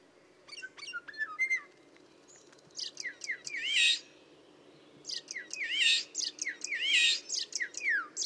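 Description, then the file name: Common starling calls: thin whistles and a wavering slurred note first, then after a pause loud buzzy, squeaky bursts with falling whistled slurs, repeated in uneven groups. "Storno"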